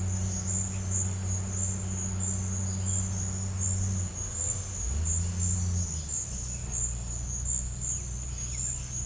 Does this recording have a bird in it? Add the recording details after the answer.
no. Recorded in pastures near Puerto Asís, Putumayo, Colombia, on 16 December 2024 at 11:30. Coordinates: 0.466, -76.322. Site G040